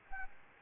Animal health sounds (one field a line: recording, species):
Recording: mosquito wingbeat signal from an infrared sensor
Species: Anopheles gambiae